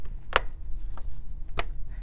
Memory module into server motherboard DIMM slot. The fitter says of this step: so what you want to hear is this click right here so listen for this click